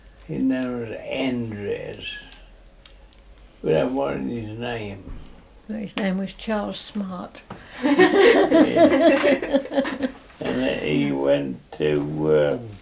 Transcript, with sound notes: His name was Andres. That wasn't his name.
No, his name was Charles Smart.
[laughs] He went to eh,